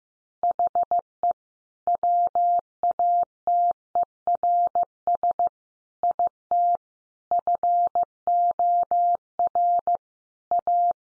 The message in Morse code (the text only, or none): HE WATERS IT FOR A